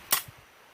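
The hinge latch of a left-side-folding Magpul Zhukov stock on the receiver of an AK ranch rifle gives one sharp, bright click at 0.1 s, followed by a faint low thump. The latch releases and the stock opens, staying in position.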